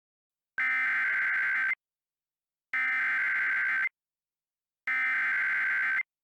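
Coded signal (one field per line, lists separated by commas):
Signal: Emergency Alert System (SAME) tones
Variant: header bursts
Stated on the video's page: Fictional EAS scenario about a supervolcano in Michigan.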